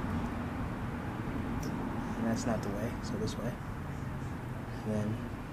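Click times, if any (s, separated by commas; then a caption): none. A quickshifter wiring plug is handled at the coil pack connector of a 2008 Ducati 1098 during an Annitori quickshifter install, after first being tried the wrong way round. Someone talks over a steady low background hum with faint handling rustles. The plug has not seated or clicked in yet.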